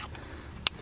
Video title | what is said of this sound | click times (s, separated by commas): Audi VW 2.0T Waterpump Replacement Cooling Overhaul Kit B8.5 B8 | that snaps on. You just push it. Once you hear them click. | 0.7 s